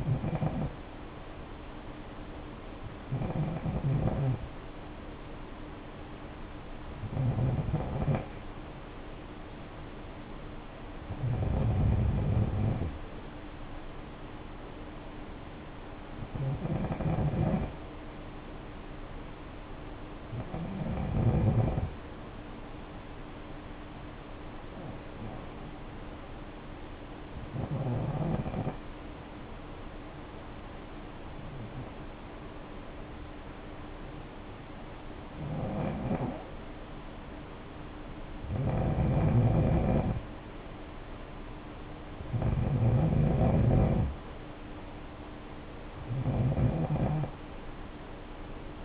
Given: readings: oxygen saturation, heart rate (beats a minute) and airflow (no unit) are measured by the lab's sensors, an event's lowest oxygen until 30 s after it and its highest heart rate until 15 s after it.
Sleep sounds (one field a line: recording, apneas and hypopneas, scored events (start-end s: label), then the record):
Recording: breathing in sleep by a voice recorder at the bedside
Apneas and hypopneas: 1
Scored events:
27.00-42.10 s: hypopnea (N2, oxygen 94% highest, then 88% lowest, heart rate 57 at the start, 61 highest)
From the record:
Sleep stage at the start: N2 (light sleep)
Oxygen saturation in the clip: 91 to 94%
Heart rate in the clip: 56 to 61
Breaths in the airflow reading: 13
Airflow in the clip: -8.7 to 4.4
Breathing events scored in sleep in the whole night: 520 in 7.2 hours asleep